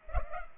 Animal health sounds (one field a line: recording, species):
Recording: mosquito wingbeat signal from an infrared sensor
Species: Culex pipiens